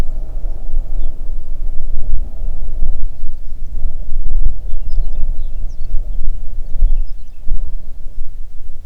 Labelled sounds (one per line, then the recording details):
songbird
wind
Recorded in the Arctic National Wildlife Refuge, Alaska, on 3 June 2019 at 05:02
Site 37